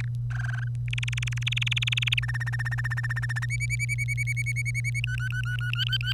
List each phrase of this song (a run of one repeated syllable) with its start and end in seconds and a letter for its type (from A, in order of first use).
0.00-0.08 A, 0.30-0.68 B, 0.88-2.20 C, 2.22-3.46 D, 3.50-5.00 E, 5.04-6.13 F